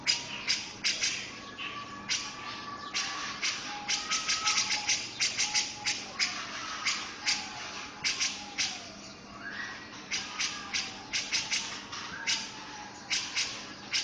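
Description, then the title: Grey-cheeked bulbul calls as harsh, clipped chirps in loose clusters, with faint lower whistled notes sounding behind them. "Cucak Jenggot"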